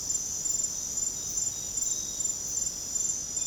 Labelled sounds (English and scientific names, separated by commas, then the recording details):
none
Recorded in secondary vegetation near Puerto Asís, Putumayo, Colombia, on 20 December 2024 at 23:30
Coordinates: 0.489, -76.322
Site G059